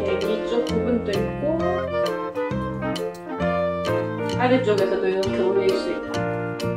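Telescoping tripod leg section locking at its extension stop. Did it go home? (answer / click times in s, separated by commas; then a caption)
no / none. Someone talks over background music while raising an extending section of a 2 m tripod or light stand by hand, working it toward its extension stop. The clip ends before the section reaches its catch, so nothing has clicked or seated yet.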